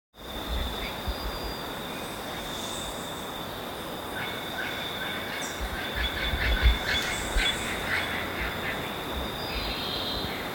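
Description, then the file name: St. Vincent amazon giving a burst of harsh, rapidly repeated squawks midway through, over a steady high insect whine and broad background hiss. "st vincent parrot"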